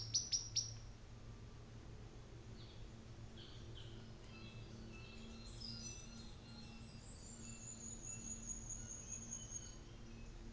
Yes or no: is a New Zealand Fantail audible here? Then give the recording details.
yes. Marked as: faintness 3/5, faintness 5/5, faintness 1/5. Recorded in New Zealand on 24 December 2018. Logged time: 14:10